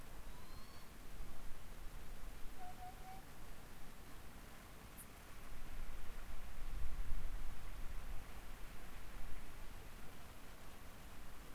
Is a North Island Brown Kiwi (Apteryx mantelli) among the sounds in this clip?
no